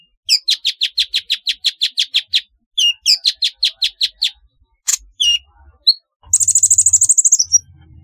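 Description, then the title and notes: Sunbird chirping: a fast run of sharp high chirps, a short pause, a second run, then isolated notes and a thin buzzy trill at the end. "Kicau Burung Kolibri"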